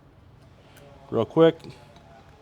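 A steel snap ring is handled over the groove of an aluminum wheel hub, where it will hold the washers and felt seal in place. Someone talks briefly against a quiet background, with only faint low-level noise around the speech. The ring has not yet dropped in, and nothing has clicked or seated.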